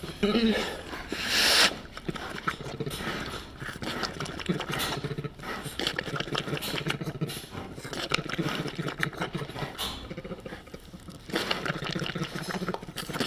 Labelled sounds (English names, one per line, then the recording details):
Sloth Bear call
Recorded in captivity
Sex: female
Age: adult
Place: Tierpark Berlin, Berlin, DE
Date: 1967-12-25 10:00
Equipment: R 20/1, Sennheiser MD 421
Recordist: Tembrock, Günter
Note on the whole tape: Lautfolgen des Weibchens bei Maulkontakt mit der eigenen Hinterpfote. Abstand 50 cm